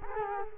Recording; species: mosquito wingbeat signal from an infrared sensor; Culex quinquefasciatus